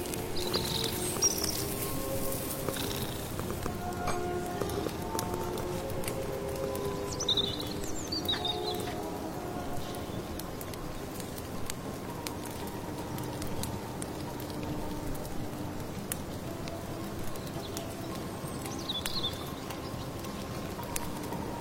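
Soup is stirred in a pot while birds chirp, with short bright calls near the start, around 7–9 seconds and again near 19 seconds. Steady low crackling and rustling fill the background throughout, with frequent small ticks and pops and occasional held tones.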